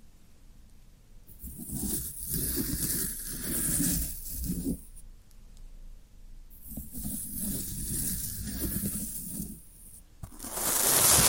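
Floral foam is pressed and crumbled, making dense, gritty crackling with a soft hiss. After a quiet first second, two long stretches of rustling, crunching bursts follow, separated by a brief pause near the middle. The clip ends in a brighter, steady hiss.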